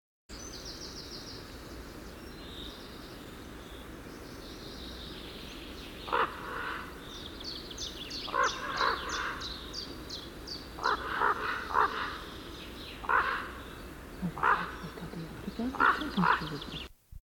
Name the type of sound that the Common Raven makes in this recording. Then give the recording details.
call. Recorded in the wild. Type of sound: call. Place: Sinaia, Transilvania, RO. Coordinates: 45.331, 25.562. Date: 1976-05-26. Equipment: Nagra III BH, Sennheiser MD 21, parabola. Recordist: Schubert, Michael. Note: Rufe Kolkrabe